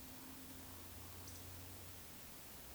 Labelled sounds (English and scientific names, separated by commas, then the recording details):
Eurasian Woodcock (Scolopax rusticola) whistle, Eurasian Woodcock (Scolopax rusticola) croak
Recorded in Baden-Württemberg, Germany, on 31 May 2021 at 20:06 UTC
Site 24606, 635 m above sea level